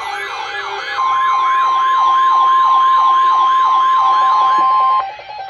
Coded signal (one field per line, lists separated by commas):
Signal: Emergency Alert System (SAME) tones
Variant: 1050 Hz attention tone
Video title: EAS #720 & #721 Severe Thunderstorm Warnings